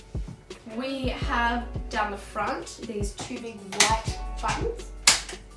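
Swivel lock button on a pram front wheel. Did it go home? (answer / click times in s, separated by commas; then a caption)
yes / 5.1 s. Someone talks while pressing one of the two big white plastic buttons on the front air-filled wheels of a Bugaboo Donkey pram to lock the swivel wheels straight for rough terrain. A sharp, loud click at 5.1 s shows the button has clicked in and the wheel lock is seated.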